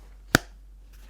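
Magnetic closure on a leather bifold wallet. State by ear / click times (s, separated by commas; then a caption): seated / 0.4 s. A leather bifold wallet is folded closed and its small magnetic closure snaps together with a single sharp, bright click at 0.4 s. A faint, soft rustle follows near 0.9 s. The closure seats shut.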